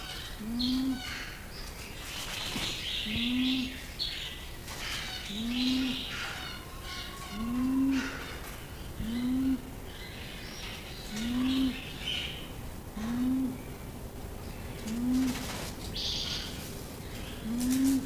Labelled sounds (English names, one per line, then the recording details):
Sulawesi Ground Dove call
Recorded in captivity
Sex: male
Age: adult
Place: Zoo Berlin, Berlin, DE
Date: 2001-03-20 13:05
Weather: partly sunny, 0-2°C
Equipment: Nagra SN, Kopie Uher 4000 Report Monitor
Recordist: Tembrock, Günter